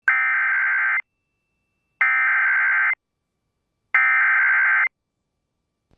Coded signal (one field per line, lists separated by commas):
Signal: Emergency Alert System (SAME) tones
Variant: header bursts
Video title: Tornado Warning (McPherson County, SD) (8/5/25) [EAS #226]